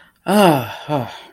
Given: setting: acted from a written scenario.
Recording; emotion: vocal sound without words; relief